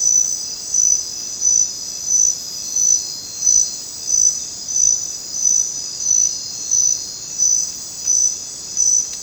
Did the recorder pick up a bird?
no